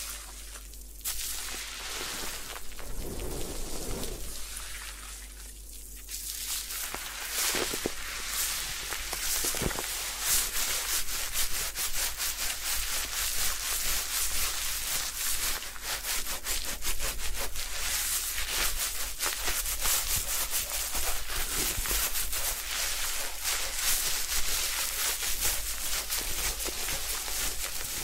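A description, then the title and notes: Hair washing and scalp massage make dense, bright rubbing and scrubbing sounds, quieter for the first six seconds, then steady and continuous. Head Spa Hair Wash, Massage, Ear Cleaning (No Talking).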